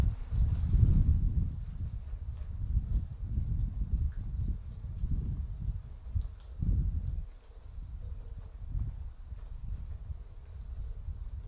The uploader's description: sounds of a gentle thunderstorm as the thunder rolls and rain falls